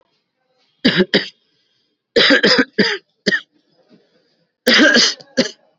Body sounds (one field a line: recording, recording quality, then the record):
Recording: shallow voluntary cough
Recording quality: excellent, no background noise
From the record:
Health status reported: COVID-19 positive, mild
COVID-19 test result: positive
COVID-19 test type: RT-PCR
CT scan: not taken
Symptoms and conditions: cold, sore throat, fever, fatigue, muscle pain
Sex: male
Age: 36 years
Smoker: no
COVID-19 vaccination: both doses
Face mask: worn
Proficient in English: yes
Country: India